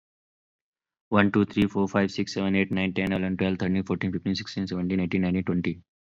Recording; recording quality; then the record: counting at a fast pace; excellent, no background noise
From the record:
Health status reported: COVID-19 positive, mild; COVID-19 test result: positive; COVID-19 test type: RT-PCR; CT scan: not taken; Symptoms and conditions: cold, sore throat, muscle pain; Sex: male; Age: 30 years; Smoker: yes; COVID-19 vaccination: both doses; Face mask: worn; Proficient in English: yes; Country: India